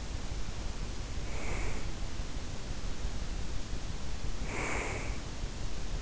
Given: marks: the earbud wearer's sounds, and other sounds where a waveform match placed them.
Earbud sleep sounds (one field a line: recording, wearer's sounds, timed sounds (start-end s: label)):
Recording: sounds in sleep by an in-ear microphone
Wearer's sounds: breath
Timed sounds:
1.11-2.21 s: breath
4.42-5.63 s: breath